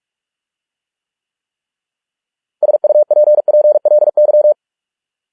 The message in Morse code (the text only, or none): SUPPLY